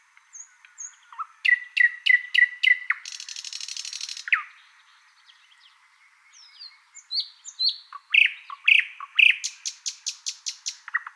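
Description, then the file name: Thrush nightingale song: a series of loud repeated notes, a harsh dry rattle, a pause, then varied phrases and a fast series of sharp notes. "British Library - Thrush Nightingale Luscinia luscinia"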